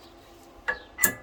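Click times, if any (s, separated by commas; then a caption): none. A new anti-rattle brake pad hardware clip is handled and pushed toward the caliper bracket of a Mercedes Sprinter van's rear brake. After a quiet stretch, there are short bright metallic clinks and taps, with the loudest near 1.0 s and another at the very end. Nothing has seated or clicked into place yet.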